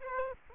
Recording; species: mosquito wingbeat signal from an infrared sensor; Aedes aegypti